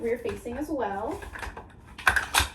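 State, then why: Seated. A stroller seat is lowered onto the frame mounts in the rear-facing position while someone talks. Sharp latching clicks sound at 2.1 s and 2.2 s as it latches on both sides, and the seat sits tight on the frame.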